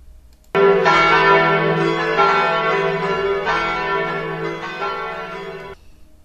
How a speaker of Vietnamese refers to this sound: Tiếng chuông nhà thờ làm cho lũ dơi giật mình bay tán loạn. Bây giờ là không giờ, không phút, không giây.